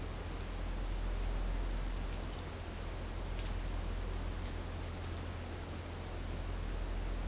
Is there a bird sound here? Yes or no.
no